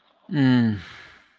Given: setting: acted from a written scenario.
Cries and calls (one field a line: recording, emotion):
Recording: vocal sound without words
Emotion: serenity